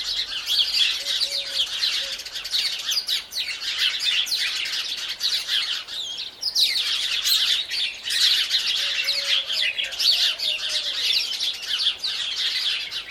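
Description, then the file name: House sparrows chattering, many birds chirping at once in a thick, ongoing chorus that dips briefly near the middle before resuming. "Passer domesticus"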